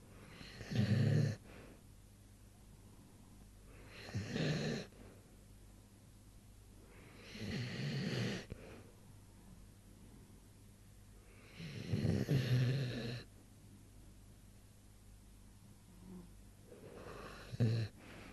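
Morris, a sleeping animal, snores with a rhythmic rumble on each breath, about 16 a minute, with quiet pauses between.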